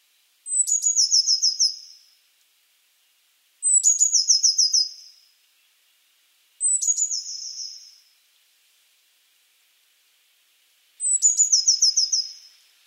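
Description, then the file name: Eurasian blue tit repeating four high trilled phrases, each starting with thin piercing notes and running into a rapid descending trill, with uneven gaps between them. "Cyanistes caeruleus"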